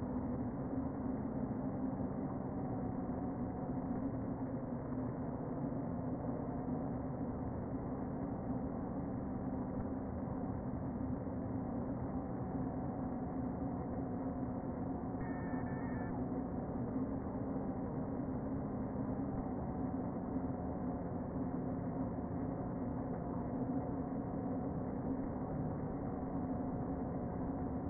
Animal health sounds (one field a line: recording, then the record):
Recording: honeybee colony, microphone inside the hive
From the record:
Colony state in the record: queen present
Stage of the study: before two queens were removed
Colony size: about 60,000 bees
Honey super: yes